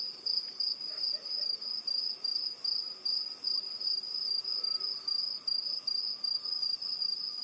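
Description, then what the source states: Shrill cricket chorus, a continuous high-pitched trill swelling and dipping two or three times a second without pause. Intense cricket chorus at night in a rural area, USA.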